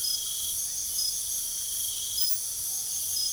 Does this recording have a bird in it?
no